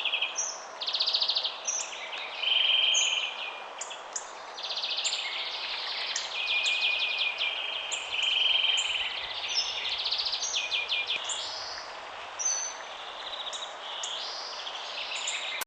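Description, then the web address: Greenfinch song of fast rattling trills and twitters running almost without pause, over a steady background hiss. "ljud Chloris"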